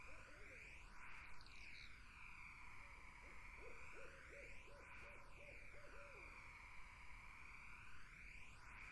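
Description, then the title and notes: Barred owls in a long, pulsing series of clipped hoots after a brief opening call, with a steady shrill insect chorus and sweeping background noise. Wetland in summer. "Barred Owls in a Summer Wetland. The Wild Life"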